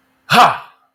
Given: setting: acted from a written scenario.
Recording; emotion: vocal sound without words; triumph